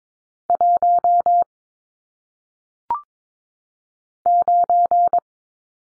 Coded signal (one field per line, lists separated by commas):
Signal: Morse code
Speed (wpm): 22 wpm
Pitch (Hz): 700 Hz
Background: none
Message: 1 9